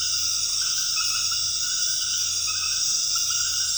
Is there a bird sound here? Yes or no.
no